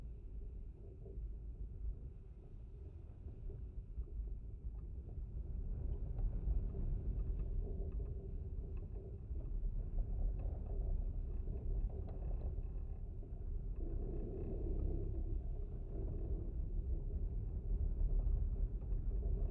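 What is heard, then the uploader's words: Wind moves through a fence held up by twisted metal wire, making a steady, heavy low rumble. Faint humming tones sit above it, with a louder whining swell around the fourteen to sixteen second mark. The rumble grows slightly stronger toward the end. Windfence. It was a cloudy windy day when I visited the beach at the base of the grassland dunes in Warren Dunes State Park. In this second recording both contact microphones were attached to the twisted metal wire which held up the wooden pieces of this fence. I love the low vibrations in this recording.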